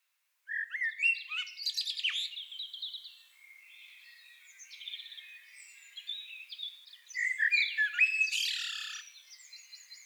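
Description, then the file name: Common blackbird song: a strong flute-like warble after a brief silence, then soft high twitters, and a second loud phrase with a scratchy flourish. "Turdus merula"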